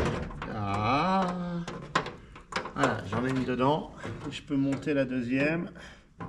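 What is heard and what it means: Someone talks while handling the second metal drawer of a steel tool cabinet, getting ready to engage its back onto the cabinet's slide rails. A few brief knocks and handling noises sound under the speech, around 0.4, 2.0 and 6.2 seconds. Nothing has seated or clicked yet.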